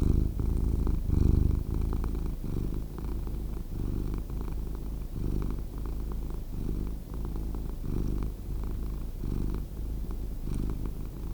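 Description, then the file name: Cat purr, a low throaty rumble repeated in breath-length bursts separated by faint pauses. "Cat Purring Sound"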